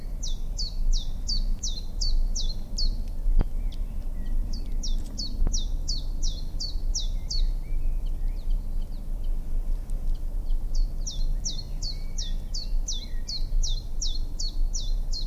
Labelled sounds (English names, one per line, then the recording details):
Common Chiffchaff song
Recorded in the wild
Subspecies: collybita
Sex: male
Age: adult
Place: Spitzberg, Tübingen, Baden-Württemberg, DE
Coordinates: 48.5167, 9.01667
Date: 1969-04-21 12:00
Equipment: Nagra III PH, MKH 805, LGS26
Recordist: Faber, A., Nedo and Schneider, H.-J
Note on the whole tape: Testaufnahmen mit MKH 805. MaAs: R.V